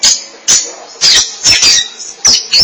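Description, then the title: Oriental magpie-robin giving short, harsh, high-pitched bursts of song separated by brief pauses. Chirping song (kicauan). "Suara Kicauan Burung Kacer"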